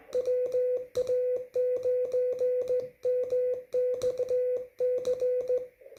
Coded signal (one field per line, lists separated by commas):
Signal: Morse code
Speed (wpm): 16 wpm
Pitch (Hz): 500 Hz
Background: none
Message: WA9MXC